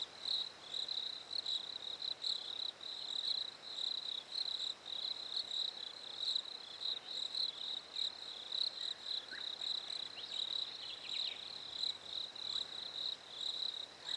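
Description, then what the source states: Crickets give a chorus of rapid high chirps throughout. Recorded at a lake in winter.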